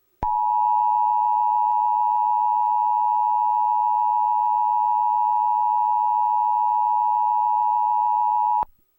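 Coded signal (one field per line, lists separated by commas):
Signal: Emergency Alert System (SAME) tones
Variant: 853 and 960 Hz attention tone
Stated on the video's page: Fictional alternate-history EAS scenario made with CapCut.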